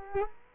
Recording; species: mosquito wingbeat signal from an infrared sensor; Culex quinquefasciatus